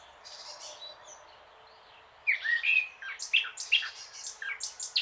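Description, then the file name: Eurasian blackcap song: soft, quiet twittering for two seconds, then a sudden loud phrase of clear fluty whistles breaking into rapid high chattering notes. "Sylvia atricapilla"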